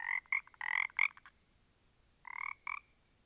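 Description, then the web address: Frogs giving a quick run of raspy croaks, then a pause, then two more croaks. A small group of frogs. "static audio olofonia Small Group of Frogs"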